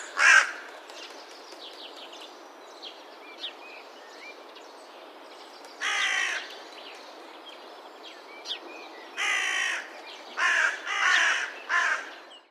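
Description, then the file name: Carrion crow giving harsh, hoarse caws, one early then a series of rasping calls in the second half, with faint chirps of small birds in between. "Corvus corone"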